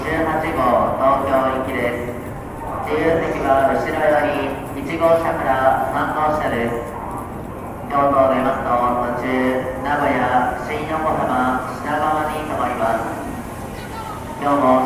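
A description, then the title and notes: Train station ambience dominated by continuous overlapping chatter of people talking, with a steady low rumble underneath and no clear train passing. TRAIN STATION IN JAPAN AMBIENCE.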